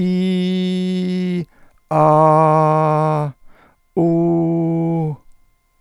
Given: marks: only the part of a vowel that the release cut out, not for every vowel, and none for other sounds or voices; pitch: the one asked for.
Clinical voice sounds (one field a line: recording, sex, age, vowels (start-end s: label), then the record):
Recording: sustained vowels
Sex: male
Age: 70 to 79 years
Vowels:
0.00-1.36 s: vowel /i/, normal pitch
2.00-3.14 s: vowel /a/, normal pitch
4.02-5.04 s: vowel /u/, normal pitch
From the record:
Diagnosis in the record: dysphonia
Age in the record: 75 years